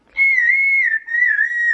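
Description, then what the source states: Parakeet whistling a clear sustained note that wavers slightly, briefly breaks, then continues slightly lower. Parakeet in the studio; hosts joke it wants to sing the second voice and give it its minute of fame.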